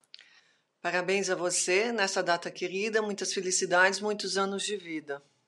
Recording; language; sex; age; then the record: short text; Brazilian Portuguese; female; 50 to 59 years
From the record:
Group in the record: control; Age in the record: 50 years